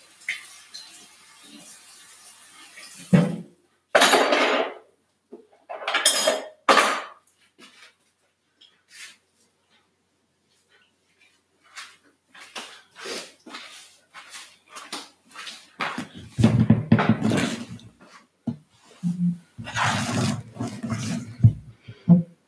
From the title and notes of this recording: Cereal eating. Today's cereal is HONEY BUNCHES OF OATS.